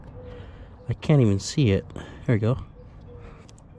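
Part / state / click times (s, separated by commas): wiring harness plug onto boost control solenoid / seated / 3.5 s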